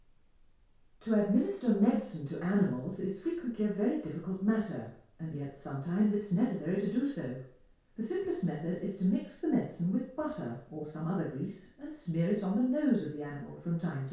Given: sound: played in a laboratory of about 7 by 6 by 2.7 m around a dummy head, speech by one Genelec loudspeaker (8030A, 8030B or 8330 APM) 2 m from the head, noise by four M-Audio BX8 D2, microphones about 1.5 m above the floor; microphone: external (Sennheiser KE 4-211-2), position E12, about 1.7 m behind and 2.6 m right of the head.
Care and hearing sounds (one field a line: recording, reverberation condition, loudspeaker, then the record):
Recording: female speech in English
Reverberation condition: medium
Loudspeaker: 150 degrees to the right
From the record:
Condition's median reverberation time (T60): about 510 ms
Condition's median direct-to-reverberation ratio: about -0.5 dB